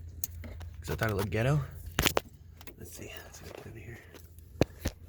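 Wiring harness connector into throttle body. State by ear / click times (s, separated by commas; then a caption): seated / 4.6 s. A green plastic throttle body wiring harness connector is pushed onto a new NWP 75mm big bore throttle body. Someone talks at first, then a few sharp handling knocks follow. The connector clicks into place and seats at 4.6 s.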